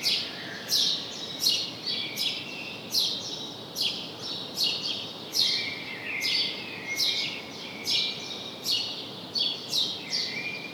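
House sparrow chirps, sharp high notes repeated more than once a second in an uneven run over a steady background hiss.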